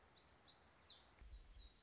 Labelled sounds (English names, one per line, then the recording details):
Black-throated Gray Warbler
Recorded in Sonoma County, California